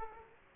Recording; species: mosquito wingbeat signal from an infrared sensor; Aedes aegypti